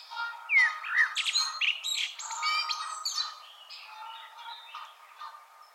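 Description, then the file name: Common blackbird singing, whistled notes and rapid high twitters over a steady humming tone. "Turdus merula"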